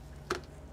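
A small piece of clear plastic cab window glass is pressed into the cab shell of a model locomotive, with only a low background hum at first. A single sharp click sounds at 0.3 s as the glass pops into place and seats.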